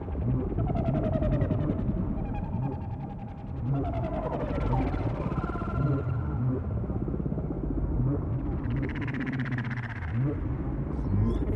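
A whale chorus of drawn-out tonal moans and higher wavering cries, broken by buzzy pulse trains, layered over a constant deep underwater rumble.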